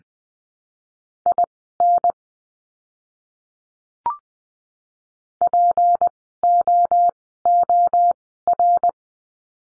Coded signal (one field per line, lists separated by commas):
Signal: Morse code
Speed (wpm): 20 wpm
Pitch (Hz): 700 Hz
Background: none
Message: IN POOR